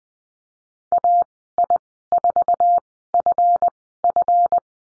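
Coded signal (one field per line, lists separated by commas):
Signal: Morse code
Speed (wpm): 19 wpm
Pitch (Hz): 700 Hz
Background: none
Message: AI4FF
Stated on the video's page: Morse course lesson on the letter b with call signs, Farnsworth speed 20/10 wpm.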